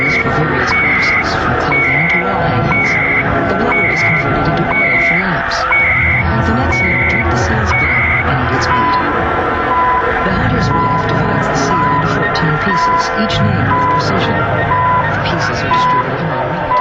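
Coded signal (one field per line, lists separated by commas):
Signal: radio time signal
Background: speech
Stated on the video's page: WWV Fort Collins station ID.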